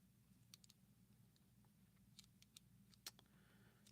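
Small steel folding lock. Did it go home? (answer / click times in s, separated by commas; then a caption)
no / none. Someone tries to unlock the blade lock on a Leatherman Rebar multitool after reassembly with swapped pivots, producing a few small, sharp metallic ticks over a low steady hum. The blade lock has not released or clicked yet; the failure is put down to operator error.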